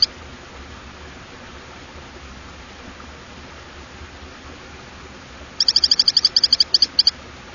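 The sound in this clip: Hylodes phyllodes frog, a single burst of about a dozen fast, piercing high whistled notes arriving after a long stretch of steady background hiss.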